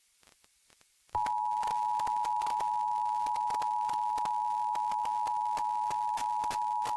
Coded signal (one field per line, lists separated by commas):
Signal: Emergency Alert System (SAME) tones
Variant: 853 and 960 Hz attention tone